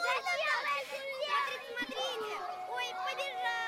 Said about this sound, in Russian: Дети увидели девушку и начали ее дразнить и смеяться.